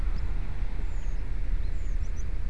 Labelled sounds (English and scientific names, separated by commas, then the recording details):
Common Chaffinch (Fringilla coelebs)
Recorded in Germany
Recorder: ecoPi